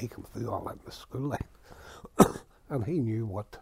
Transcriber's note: he coughs